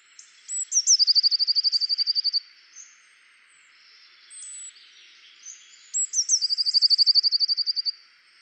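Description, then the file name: Eurasian blue tit song repeated twice: thin high lead-in notes running into a quick, regular trill, with other high bird notes and light background noise in the gaps. "Cyanistes caeruleus"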